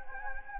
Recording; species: mosquito wingbeat signal from an infrared sensor; Anopheles gambiae